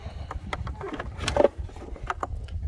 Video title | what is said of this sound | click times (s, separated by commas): How To Change Battery For 3.0L TT Lincoln MKZ | once you have that all out of the way just keep lifting on this until it snaps | 0.5 s, 2.2 s